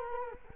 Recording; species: mosquito wingbeat signal from an infrared sensor; Culex quinquefasciatus